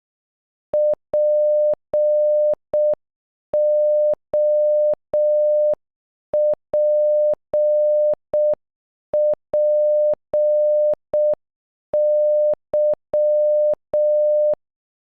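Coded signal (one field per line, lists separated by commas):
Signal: Morse code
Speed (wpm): 12 wpm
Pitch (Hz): 600 Hz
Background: none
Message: POPPY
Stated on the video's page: Morse code for a single word, at normal and half speed, generated by an online translator tool.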